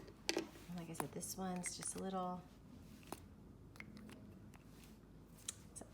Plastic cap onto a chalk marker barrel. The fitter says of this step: but you can feel it pop into place like